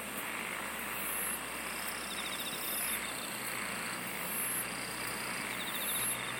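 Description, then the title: Insect song in short pulsed trills that come and go, joined by very high buzzing bursts every one to two seconds, above a constant broad hiss. "SINGING OF INSECTS"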